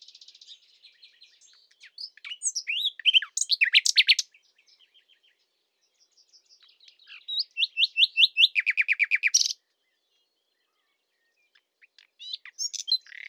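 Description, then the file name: Common nightingale with varied song phrases: soft notes building to loud, quick sweeping calls, a pause, then a fast run of slurred notes ending in a buzzy rattle. "Luscinia megarhynchos"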